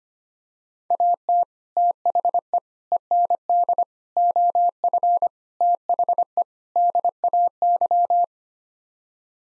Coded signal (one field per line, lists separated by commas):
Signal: Morse code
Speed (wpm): 25 wpm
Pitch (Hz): 700 Hz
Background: none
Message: AT THE END OF THE DAY